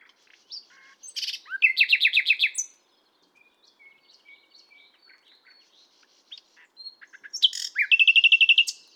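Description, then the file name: Common nightingale song: loud phrases of rapid repeated notes, a fast trill near two seconds and another at the end, separated by soft scattered chirps and brief pauses. "Luscinia megarhynchos"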